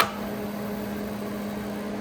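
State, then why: Seated. The slot gate of a dental X-ray film processor snaps shut on its own at 0.0 s after film has been fed in, a sharp snap showing the film has gone all the way down. A steady mechanical hum with a tone near 200 Hz continues for the rest of the clip.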